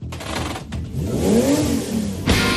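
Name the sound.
sports car engine revving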